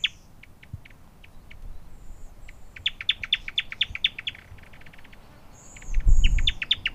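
Newtonia calling: scattered sharp chips that build into a quick run of clicking notes, with thin high whistles and a low thump near the end.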